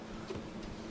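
The hinged tape guide of a Better Pack 555e electronic water-activated tape dispenser is handled as it is flipped back up toward its operating position after debris is cleaned out. Only a steady low hum and faint soft handling noises are heard. Nothing has clicked or seated yet.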